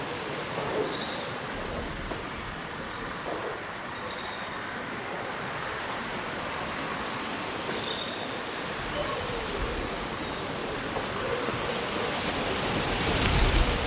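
Leaves rustle in a steady, dense hiss that fills the whole clip, with a faint low rumble beneath. Short bird chirps and whistles come through now and then, clustered near the start and again around eight to ten seconds. The rustling swells near the end.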